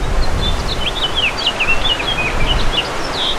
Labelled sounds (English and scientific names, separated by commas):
House Finch (Haemorhous mexicanus) song